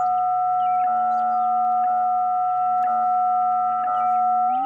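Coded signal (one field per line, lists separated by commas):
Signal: radio time signal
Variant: WWVH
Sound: continuous steady audio tone with a sharp tick every second, five ticks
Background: radio static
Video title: WWVH in Hawaii - 59+30dB on 10 MHz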